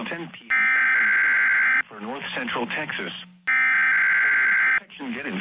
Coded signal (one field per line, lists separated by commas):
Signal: Emergency Alert System (SAME) tones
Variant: header bursts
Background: speech